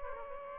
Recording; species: mosquito wingbeat signal from an infrared sensor; Aedes aegypti